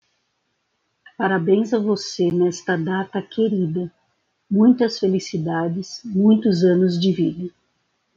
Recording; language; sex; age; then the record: short text; Brazilian Portuguese; female; 50 to 59 years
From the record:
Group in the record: control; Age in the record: 59 years